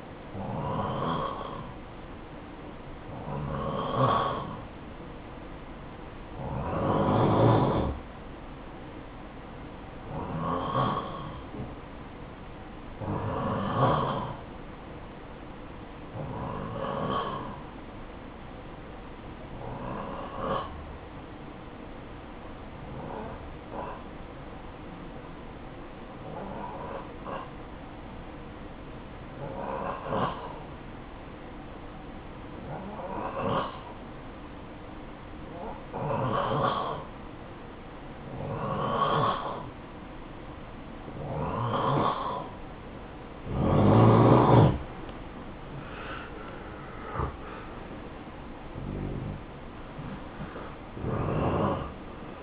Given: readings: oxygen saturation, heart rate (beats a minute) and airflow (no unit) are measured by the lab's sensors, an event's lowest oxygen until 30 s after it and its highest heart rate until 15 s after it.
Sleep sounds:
breathing in sleep by a voice recorder at the bedside; 1
19.00-43.80 s: hypopnea (N2, oxygen 92% highest, then 90% lowest, heart rate 56 at the start, 67 highest)
35.00-52.43 s: new sleep stage, N1 (lightest sleep)
From the record:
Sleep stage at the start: N2 (light sleep); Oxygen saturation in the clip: 91 to 93%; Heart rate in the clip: 53 to 67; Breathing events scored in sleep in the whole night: 573 in 9.8 hours asleep

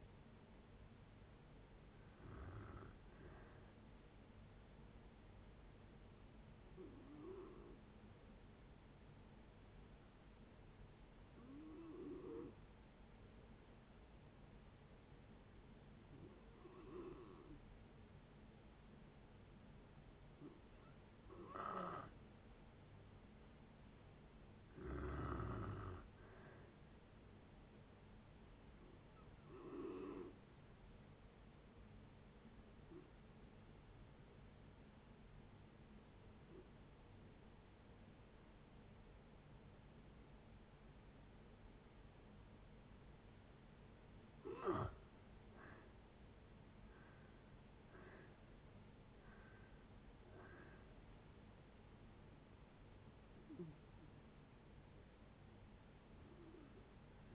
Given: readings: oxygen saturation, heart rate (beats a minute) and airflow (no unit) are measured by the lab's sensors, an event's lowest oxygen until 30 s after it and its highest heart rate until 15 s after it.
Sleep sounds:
breathing in sleep by a voice recorder at the bedside; 2
9.00-24.60 s: hypopnea (N2, oxygen 96% highest, then 87% lowest, heart rate 59 at the start, 70 highest)
32.00-49.40 s: hypopnea (N2, oxygen 93% highest, then 84% lowest, heart rate 68 at the start, 78 highest)
From the record:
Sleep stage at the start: N2 (light sleep); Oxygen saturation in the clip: 85 to 96%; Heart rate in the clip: 58 to 78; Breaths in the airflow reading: 14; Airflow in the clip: -8.9 to 13.2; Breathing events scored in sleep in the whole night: 496 in 5.4 hours asleep

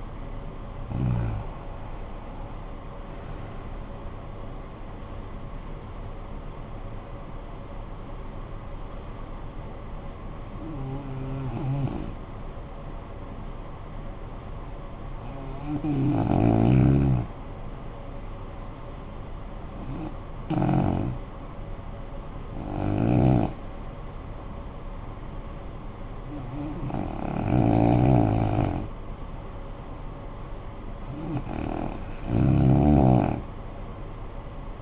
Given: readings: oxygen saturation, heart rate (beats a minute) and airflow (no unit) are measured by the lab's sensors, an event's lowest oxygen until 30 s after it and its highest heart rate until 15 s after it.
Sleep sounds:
breathing in sleep by a smartphone at the bedside; 1
7.00-28.40 s: hypopnea (N1, oxygen 95% highest, then 87% lowest, heart rate 52 at the start, 52 highest)
From the record:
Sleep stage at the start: N1 (lightest sleep); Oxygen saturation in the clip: 86 to 95%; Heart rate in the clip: 48 to 59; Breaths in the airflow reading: 7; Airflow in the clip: -14.0 to 12.0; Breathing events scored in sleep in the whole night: 445 in 7.6 hours asleep

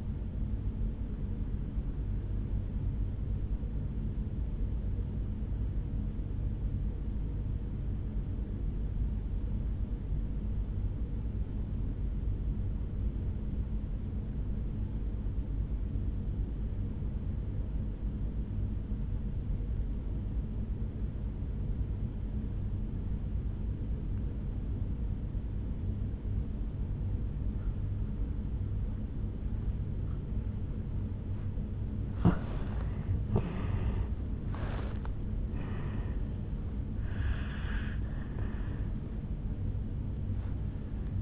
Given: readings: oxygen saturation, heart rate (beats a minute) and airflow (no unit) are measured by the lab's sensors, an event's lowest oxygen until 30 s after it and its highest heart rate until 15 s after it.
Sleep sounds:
breathing in sleep by a smartphone at the bedside; 1
3.00-33.70 s: obstructive apnea (N1, oxygen 98% highest, then 83% lowest, heart rate 61 at the start, 76 highest)
15.00-41.22 s: new sleep stage, N2 (light sleep)
From the record:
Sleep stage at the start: N1 (lightest sleep); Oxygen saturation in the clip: 84 to 98%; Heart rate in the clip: 59 to 76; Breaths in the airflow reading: 3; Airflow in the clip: -12.6 to 11.5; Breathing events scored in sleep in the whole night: 449 in 7.0 hours asleep

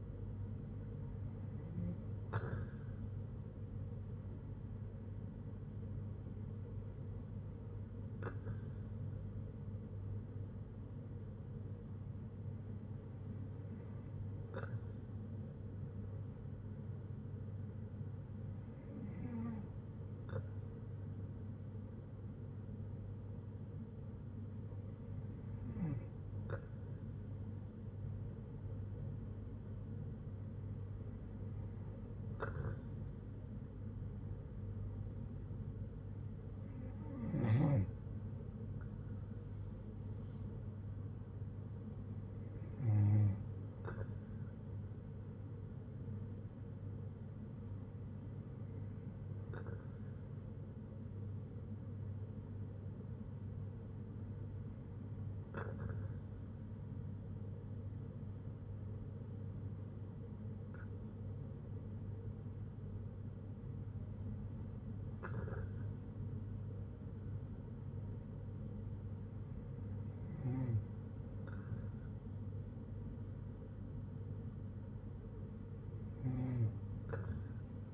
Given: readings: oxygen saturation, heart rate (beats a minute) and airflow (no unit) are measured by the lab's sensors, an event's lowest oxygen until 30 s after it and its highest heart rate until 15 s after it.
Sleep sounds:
breathing in sleep by a smartphone at the bedside; none
none scored
From the record:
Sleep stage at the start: N2 (light sleep); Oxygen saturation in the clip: 94 to 96%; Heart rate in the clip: 55 to 76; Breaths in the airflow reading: 13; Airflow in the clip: -6.7 to 4.7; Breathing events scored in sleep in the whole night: 182 in 7.4 hours asleep

